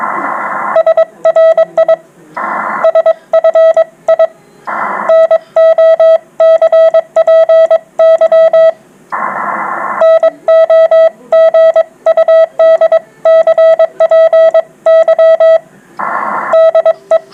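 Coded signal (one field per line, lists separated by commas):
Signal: Morse code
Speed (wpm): 22 wpm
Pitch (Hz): 650 Hz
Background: radio noise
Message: SRI SFI NO CPY NO GUD CPY DE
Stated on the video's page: CW group contacts on mostly 40m during the grey line hour, competing for the most contacts in an hour.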